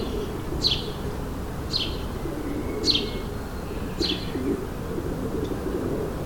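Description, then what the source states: Sparrow chirps, four short descending notes about a second apart, then quiet, over low background rumble. Suburban ambient, May 2022.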